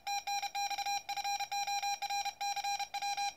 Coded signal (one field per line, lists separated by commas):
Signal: Morse code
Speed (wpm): 31 wpm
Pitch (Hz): 810 Hz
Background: none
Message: TNX FOR CW